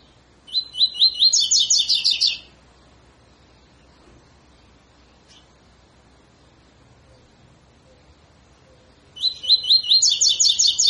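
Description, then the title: Double-collared seedeater song: rising whistles accelerating into a dense, higher trill, heard twice with a long quiet gap between phrases. Tui tui fibra song style, used as a tutor song for training birds. "COLEIRO TUI TUI FIBRA"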